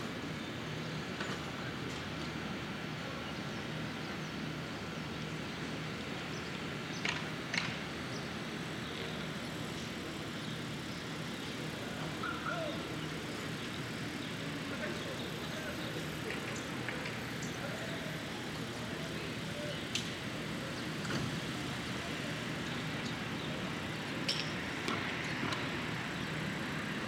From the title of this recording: Brooklyn Morning, Street